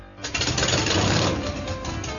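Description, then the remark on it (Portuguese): A motorcycle engine runs with a steady, rapid mechanical rattle, loud and continuous for about two seconds, with no voices. “Motos.”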